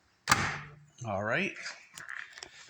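A Jeep Patriot's plastic tail light housing is pressed into the rubber grommets on the left side, and its pegs seat with a sharp knock at 0.3 s. Someone talks right after, and a few light clicks and taps follow near the end. The tail light assembly is now seated in the body grommets.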